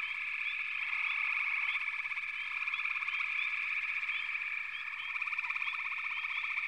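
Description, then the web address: Frogs chorusing: a dense, continuous wall of high trilling and pulsed calls, with short rising chirps scattered on top throughout. "Natures Songs Sleep Sounds of Nature FROGS Frog Chorus"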